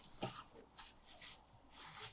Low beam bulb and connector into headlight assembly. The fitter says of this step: Once that's in place, you'll hear or feel a little click.